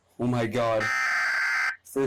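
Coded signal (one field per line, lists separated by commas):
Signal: Emergency Alert System (SAME) tones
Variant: header bursts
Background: speech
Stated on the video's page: Severe Thunderstorm Warning recorded with poor audio quality due to camera app settings.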